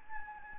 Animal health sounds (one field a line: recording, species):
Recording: mosquito wingbeat signal from an infrared sensor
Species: Anopheles gambiae